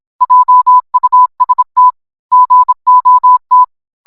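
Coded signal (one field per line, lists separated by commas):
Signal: Morse code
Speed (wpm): 26 wpm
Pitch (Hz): 1000 Hz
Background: none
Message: JUST GOT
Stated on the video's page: Morse code rendition of a cartoon scene.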